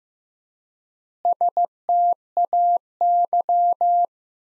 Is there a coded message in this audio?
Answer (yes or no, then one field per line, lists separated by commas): yes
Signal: Morse code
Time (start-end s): 1.2-4.0 s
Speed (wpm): 15 wpm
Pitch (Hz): 700 Hz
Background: none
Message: STAY